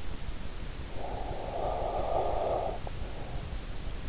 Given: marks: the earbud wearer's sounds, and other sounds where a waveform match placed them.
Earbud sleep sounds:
sounds in sleep by an in-ear microphone; breath
0.92-3.75 s: breath

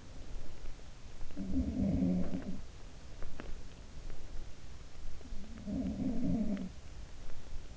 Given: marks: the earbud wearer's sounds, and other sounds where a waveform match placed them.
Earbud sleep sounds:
sounds in sleep by an in-ear microphone; teeth grinding
1.14-2.76 s: sound from someone else or the room
3.12-3.70 s: teeth grinding
5.34-6.77 s: sound from someone else or the room

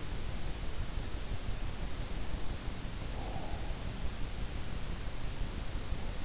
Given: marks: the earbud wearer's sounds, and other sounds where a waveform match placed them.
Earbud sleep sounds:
sounds in sleep by an in-ear microphone; breath
2.67-4.12 s: breath

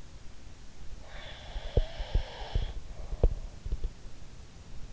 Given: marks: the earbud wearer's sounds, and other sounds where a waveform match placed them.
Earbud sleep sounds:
sounds in sleep by an in-ear microphone; breath
0.98-3.58 s: breath
1.50-3.91 s: sound from someone else or the room

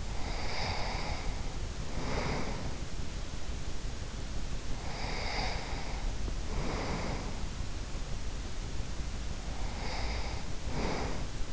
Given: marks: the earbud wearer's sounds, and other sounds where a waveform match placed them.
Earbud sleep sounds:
sounds in sleep by an in-ear microphone; breath
0.00-2.84 s: breath
4.56-7.58 s: breath
9.04-11.53 s: breath

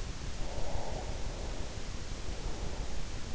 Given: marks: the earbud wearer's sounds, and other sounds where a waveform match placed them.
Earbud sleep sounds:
sounds in sleep by an in-ear microphone; breath
0.24-3.14 s: breath

